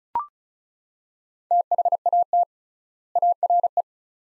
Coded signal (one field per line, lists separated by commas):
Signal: Morse code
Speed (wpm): 36 wpm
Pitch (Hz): 700 Hz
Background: none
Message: THAT ARE